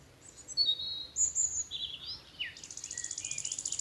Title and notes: Sound Escape 11: the glorious song of nightingales from a Dorset wood. BBC Countryfile Magazine. it's evening at Alners Gorse, a nature reserve in Dorset run by Butterfly Conservation . As the dew falls, the extraordinary song of nightingales rises from the thickets. Recorded by Martin Maudsley